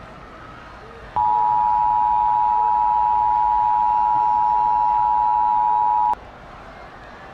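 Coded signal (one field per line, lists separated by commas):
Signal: Emergency Alert System (SAME) tones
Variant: 853 and 960 Hz attention tone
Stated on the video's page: Fictional EAS scenario, not a real alert.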